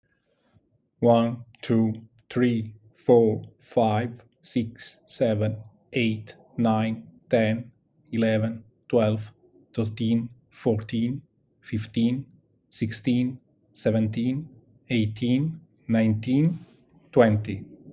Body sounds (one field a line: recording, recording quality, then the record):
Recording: counting at a normal pace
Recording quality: excellent, no background noise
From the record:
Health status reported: exposed to COVID-19, no respiratory illness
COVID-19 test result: negative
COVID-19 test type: RT-PCR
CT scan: not taken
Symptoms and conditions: fatigue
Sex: male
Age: 43 years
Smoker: no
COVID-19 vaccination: both doses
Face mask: not worn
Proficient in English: yes